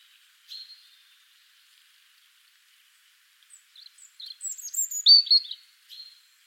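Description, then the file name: European robin, faint thin notes at first, then a brief bright burst of high twittering and trilled notes near the end, otherwise quiet. "Erithacus rubecula"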